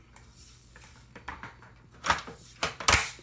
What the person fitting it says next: boom snapped right in